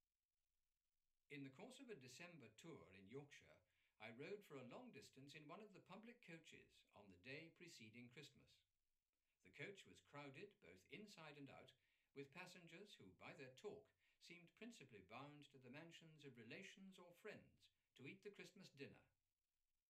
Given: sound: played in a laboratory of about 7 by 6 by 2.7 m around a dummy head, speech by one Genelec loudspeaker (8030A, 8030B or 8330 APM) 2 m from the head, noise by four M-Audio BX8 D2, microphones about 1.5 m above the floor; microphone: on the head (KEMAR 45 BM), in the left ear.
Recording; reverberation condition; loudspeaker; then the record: male speech in English; low; in front (0 degrees)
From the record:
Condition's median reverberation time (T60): about 310 ms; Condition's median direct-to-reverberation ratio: about 3.5 dB